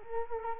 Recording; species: mosquito wingbeat signal from an infrared sensor; Culex quinquefasciatus